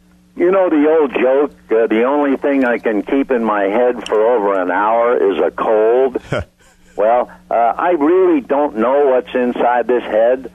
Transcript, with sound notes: You know the old joke, the only think I can keep in my head for over an hour is a cold? (laughing) Well, I really don’t know what’s inside this head.